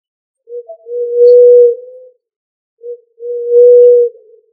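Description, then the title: Pigeon cooing: a brief low note followed by a long, steady, hollow hooted tone, the phrase given twice with a short pause between. "Familia Columbidae Pomba"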